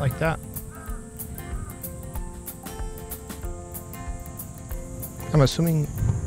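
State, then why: Not seated. A windscreen is being handled onto a Rode Wireless Go II wireless microphone transmitter, with soft handling taps and rustles while someone talks and music plays in the background. Nothing has seated or clicked yet.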